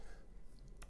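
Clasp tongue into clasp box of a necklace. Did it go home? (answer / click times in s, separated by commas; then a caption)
yes / 0.8 s. The tongue of a decorative metal peacock box clasp for a necklace is closed into its clasp box, over a low, steady background rumble with a faint tick around 0.6 s. A sharp, bright click lands at 0.8 s as the clasp snaps shut and seats securely.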